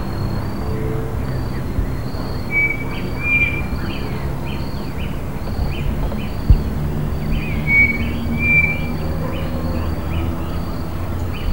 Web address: BIRD 2015 small 50 CLASSES SABIOD 50 bird 2015